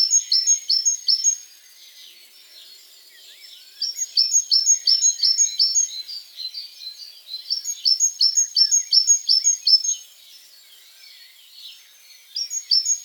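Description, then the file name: Great tit singing several bouts of repeated high two-note phrases, separated by short pauses. "Parus major"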